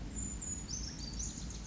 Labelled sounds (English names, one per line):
Brown Creeper